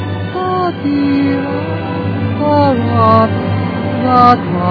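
Orchestral woodwinds, flute and oboe, trace gliding, shimmering melodic lines over a steady low sustained accompaniment, with phrases rising and swelling gently and no talking.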